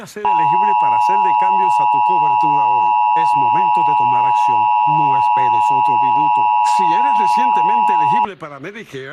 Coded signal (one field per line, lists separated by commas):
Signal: Emergency Alert System (SAME) tones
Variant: 853 and 960 Hz attention tone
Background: speech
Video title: Arizona EAS Alert: Required Monthly Test Compilation (09/13/2023)